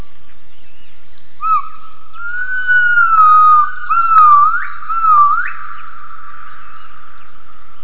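Gibbon call: a clear, pure whistled tone held for several seconds with slight wavering, broken by two quick upward swoops near the end, over a faint steady hiss.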